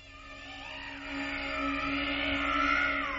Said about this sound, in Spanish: Son alaridos brujeriles de un momento concreto del Exorcista 2, el hereje.